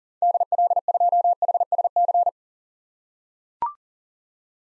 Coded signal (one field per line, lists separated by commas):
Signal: Morse code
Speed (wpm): 40 wpm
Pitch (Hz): 700 Hz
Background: none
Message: DL2HSC